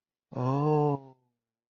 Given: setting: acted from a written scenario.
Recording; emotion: vocal sound without words; realization